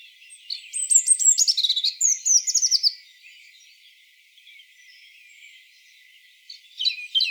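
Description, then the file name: European robin song: a rapid, sweet phrase of high slurred and trilled notes lasting about two and a half seconds, a long pause, then another phrase begins. "Erithacus rubecula"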